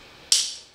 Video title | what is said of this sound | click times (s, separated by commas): 2019 transformers cyberverse set of 4 burger king kids meal toys video review | Come on. There you go. Snap. | 0.3 s